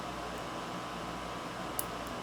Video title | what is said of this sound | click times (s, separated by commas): EMD SD45 X4 EPISODE #8 Trucks | there we go you'll hear a little snap | 1.8 s